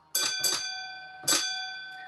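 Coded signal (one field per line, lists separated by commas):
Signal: bell signal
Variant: railway block bell code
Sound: two quick bell strikes, a short pause, then one more ringing strike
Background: small room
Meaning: Line clear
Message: 2-1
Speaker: we use the code for line clear, which is a 2. So you get the 2 and a 1.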